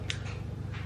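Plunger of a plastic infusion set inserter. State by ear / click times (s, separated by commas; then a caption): seated / 0.1 s. The white plastic plunger of a plastic infusion set inserter is pulled up until it snaps into the cocked position. A sharp, bright snap is heard at 0.1 s, followed by softer rustling over a steady low hum. The inserter is seated in its cocked position.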